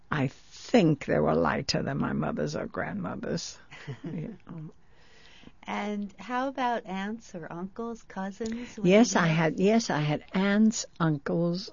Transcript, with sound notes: I think they were lighter than my mother's or grandmother's.
(She laughs) And how about aunts or uncles, cousins?
Yes, I had...yes, I had aunts, uncles.